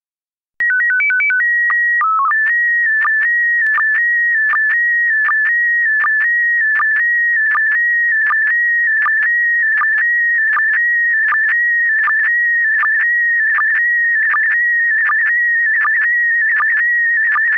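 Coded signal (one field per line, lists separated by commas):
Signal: SSTV (slow-scan television)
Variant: PD 180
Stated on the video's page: SSTV image transmission.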